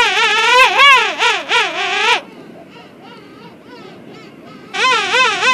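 King penguin call: a loud, harmonic, warbling trumpet that wavers up and down for about two seconds, a fainter wavering call, then another loud warbling burst.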